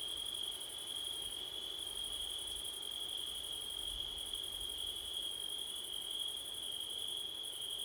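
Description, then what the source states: Crickets trill in a steady, unbroken high pitch, with a fainter shimmering band higher still and soft background noise throughout. Crickets on a September night, recorded with a Blumlein microphone pair.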